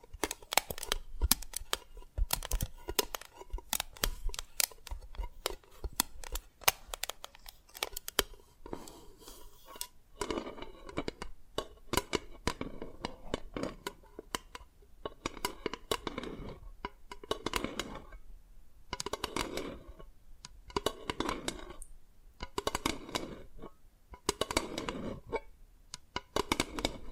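Crisp tapping and cracking on dalgona candy, dense quick clicks early, then spaced scraping bursts roughly every second or two.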